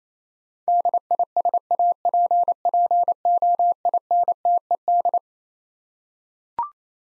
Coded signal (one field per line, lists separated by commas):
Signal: Morse code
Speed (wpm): 27 wpm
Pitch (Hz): 700 Hz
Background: none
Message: DISAPPOINTED